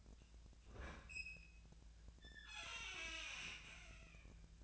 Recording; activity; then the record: daily activity, microphone in the room; open fridge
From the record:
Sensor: 2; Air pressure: 1009.5 hPa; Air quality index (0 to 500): 184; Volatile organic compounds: 11 ppm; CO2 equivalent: 2296 ppm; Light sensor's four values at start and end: 26/62/27/29 and 26/63/27/30